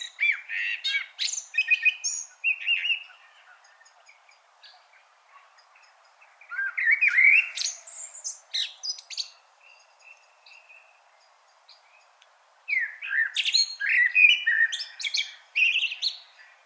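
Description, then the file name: Common blackbird giving three strophes of mellow warbling mixed with high scratchy twitters, separated by quiet gaps of a few seconds. "Turdus merula"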